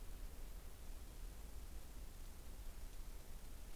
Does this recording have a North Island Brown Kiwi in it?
no